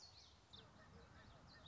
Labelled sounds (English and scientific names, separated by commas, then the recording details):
Common Yellowthroat (Geothlypis trichas)
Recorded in Sonoma County, California